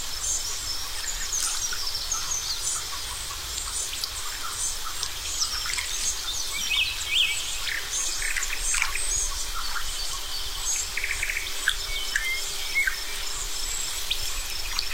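Early morning by a lake, with a steady, dense high hiss of light rain running through the whole recording. Birds chirp and call intermittently, with brief bright notes scattered throughout and a small flurry around the middle.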